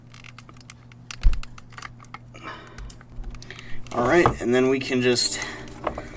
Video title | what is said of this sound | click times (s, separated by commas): 1990-1994 Lexus LS400 Starter Motor Replacement - Part 3 - Fuel injector Plug Repair | push it in until you hear a click | 1.1 s